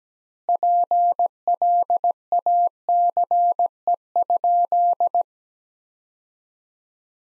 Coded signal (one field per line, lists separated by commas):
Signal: Morse code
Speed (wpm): 17 wpm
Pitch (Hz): 700 Hz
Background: none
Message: PLACE?